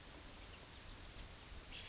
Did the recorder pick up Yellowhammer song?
no